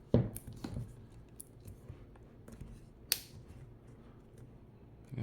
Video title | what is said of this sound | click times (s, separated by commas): MacBook Air 15 Gets some Protection! Supcase UB Pro! | it should be good. Just make sure it's snapped in place properly. | 3.1 s